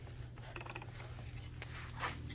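A new preloaded line spool is screwed onto the head of a Dewalt 20V string trimmer while the bottom washer is held. A quick ratchet-like series of light clicks runs from about 0.6 to 0.8 s, followed by a louder, sharp final click at 1.6 s. The spool is tightened down and seated, ready to go.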